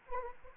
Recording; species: mosquito wingbeat signal from an infrared sensor; Anopheles arabiensis